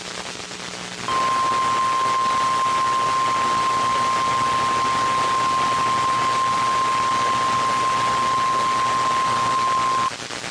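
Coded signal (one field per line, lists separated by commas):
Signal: Emergency Alert System (SAME) tones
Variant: 1050 Hz attention tone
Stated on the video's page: Required Weekly Test from a NOAA weather radio station in Texas.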